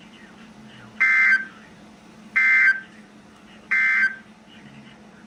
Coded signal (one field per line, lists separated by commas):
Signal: Emergency Alert System (SAME) tones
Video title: EAS 2442-2447 (2/2/24)